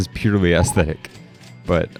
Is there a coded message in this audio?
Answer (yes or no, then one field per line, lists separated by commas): no